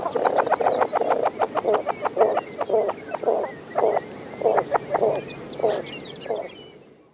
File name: Wilsons Phalarope